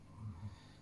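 A female dog snoring: low, rumbling breaths indoors.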